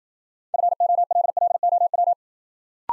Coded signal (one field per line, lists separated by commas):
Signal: Morse code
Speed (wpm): 53 wpm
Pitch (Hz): 700 Hz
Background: none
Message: FOLLOW